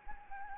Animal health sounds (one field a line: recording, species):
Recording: mosquito wingbeat signal from an infrared sensor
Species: Anopheles gambiae